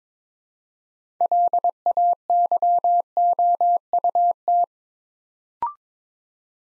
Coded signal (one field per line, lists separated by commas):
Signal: Morse code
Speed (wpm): 22 wpm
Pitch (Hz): 700 Hz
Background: none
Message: LAYOUT